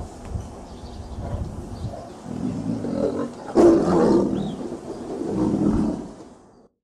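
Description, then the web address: Tiger roaring, a series of deep, rumbling growls that swell and fade over several seconds, with a louder burst midway through. Adult tiger roaring inside its enclosure. "suono un tigre adulto ruggisce nel recinto"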